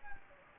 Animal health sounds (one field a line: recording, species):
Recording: mosquito wingbeat signal from an infrared sensor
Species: Anopheles gambiae